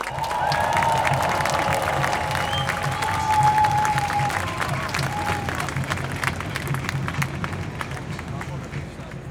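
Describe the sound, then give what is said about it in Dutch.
A crowd applauds steadily to welcome the next speaker, a victim of the Dutch childcare benefits scandal. Dense clapping is sustained throughout, with some cheering and a faint whistle tone early on, loud and continuous without pause. “Mag ik een applaus voor gedupeerde van het toeslagenschandaal,”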